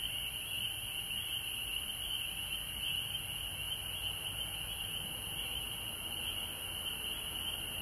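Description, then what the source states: Frogs in chorus, a sustained high shimmer of many overlapping calls that never lets up, with a low rumbling background. Recorded at home in Georgia on March 19, 2020.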